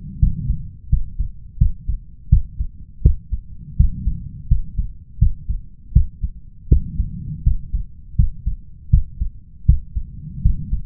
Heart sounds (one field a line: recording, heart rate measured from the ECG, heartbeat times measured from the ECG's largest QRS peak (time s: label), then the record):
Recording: heart sounds by stethoscope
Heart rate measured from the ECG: 82 bpm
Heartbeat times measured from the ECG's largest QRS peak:
0.19 s: heartbeat
0.89 s: heartbeat
1.57 s: heartbeat
2.29 s: heartbeat
3.01 s: heartbeat
3.76 s: heartbeat
4.47 s: heartbeat
5.18 s: heartbeat
5.92 s: heartbeat
6.68 s: heartbeat
7.43 s: heartbeat
8.15 s: heartbeat
8.89 s: heartbeat
9.65 s: heartbeat
10.41 s: heartbeat
From the record:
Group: healthy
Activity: rest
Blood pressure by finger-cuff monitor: 142/97 mmHg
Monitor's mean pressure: 110 mmHg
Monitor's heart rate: 84 bpm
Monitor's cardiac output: 6.4 L/min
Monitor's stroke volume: 77 mL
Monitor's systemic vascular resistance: 1280 dyn s/cm5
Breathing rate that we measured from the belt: 18 breaths a minute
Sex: male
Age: 21 years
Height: 180 cm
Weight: 67.5 kg